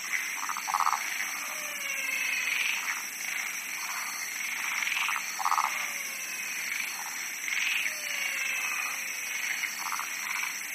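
Chorus of frogs with repeated short rattling croaks and longer trilled calls at varied pitches, steady high hiss behind.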